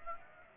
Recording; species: mosquito wingbeat signal from an infrared sensor; Aedes aegypti